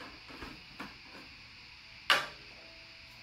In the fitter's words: है य देखिए इसको य लिया हमने और इसको हमने य लॉक किया